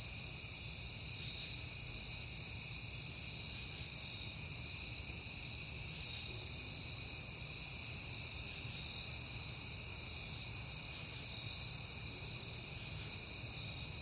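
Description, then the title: Cricket chorus of high, tightly pulsed chirps ringing on without a break, with a low, steady rumble underneath. Crickets recorded at night in September on a peaceful night. "Night Time: Crickets and Passing Cars"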